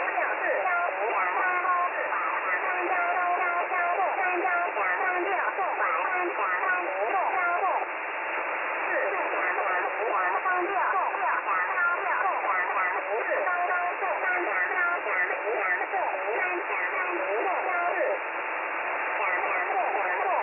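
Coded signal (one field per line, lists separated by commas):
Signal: numbers station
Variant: VC01, Chinese robotic voice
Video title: VC01 Chinese Robot at 4684 kHz in USB mode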